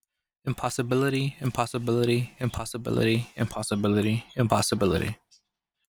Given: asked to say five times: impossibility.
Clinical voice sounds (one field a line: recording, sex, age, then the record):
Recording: repeated word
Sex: male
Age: 30 to 39 years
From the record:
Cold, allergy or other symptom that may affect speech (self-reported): no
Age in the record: 30 years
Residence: California, United States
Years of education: 16